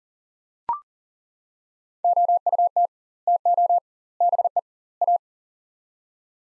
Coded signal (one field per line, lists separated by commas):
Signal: Morse code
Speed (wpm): 40 wpm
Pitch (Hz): 700 Hz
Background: none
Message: OUT TO BE A